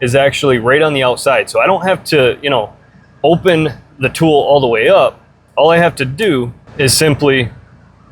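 A man talks while handling a Leatherman Skeletool multi-tool whose folding 154CM steel blade sits on the outside of the handle, so it can be opened without unfolding the whole tool. The blade has not yet been flipped open, so the liner lock has not clicked or locked into place.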